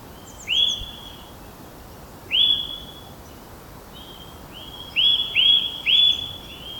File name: Sitta europaea